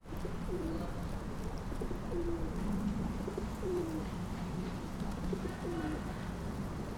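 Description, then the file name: Pigeons cooing, soft low gurgling coos repeated every second or so over a steady low rumble of background noise. Pigeons from Lipetsk. "Lipetskie Golubi"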